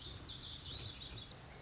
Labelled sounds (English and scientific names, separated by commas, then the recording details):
Lazuli Bunting (Passerina amoena)
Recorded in Sonoma County, California